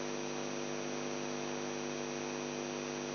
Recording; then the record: brain microelectrode recording played as sound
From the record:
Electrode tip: outside the subthalamic nucleus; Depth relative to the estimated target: 4 mm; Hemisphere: left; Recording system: AlphaMap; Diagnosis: Parkinson's disease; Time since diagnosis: 11 years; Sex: male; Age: 42 years